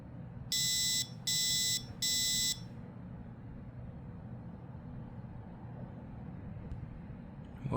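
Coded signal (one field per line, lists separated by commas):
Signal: alarm pattern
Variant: Temporal-3 (Code 3)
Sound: three short harsh buzzer beeps in quick succession, then several seconds of quiet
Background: low room hum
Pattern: temporal three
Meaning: Fire alarm warning to evacuate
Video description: Code 3 tone fire alarm buzzer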